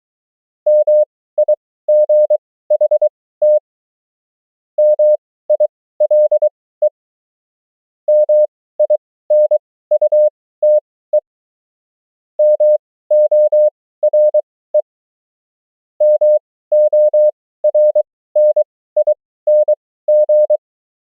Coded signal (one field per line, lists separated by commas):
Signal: Morse code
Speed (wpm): 23 wpm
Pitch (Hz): 600 Hz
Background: none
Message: MIGHT MILE MINUTE MORE MORNING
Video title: CW Fluency: The 500 Most Common Morse Code Words & Abbreviations @20 wpm